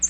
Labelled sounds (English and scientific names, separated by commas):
American Redstart (Setophaga ruticilla) flight call